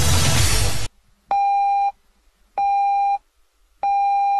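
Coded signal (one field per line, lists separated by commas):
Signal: radio time signal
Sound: short burst of hiss, then three steady mid-pitched beeps about a second apart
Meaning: Marks the exact hour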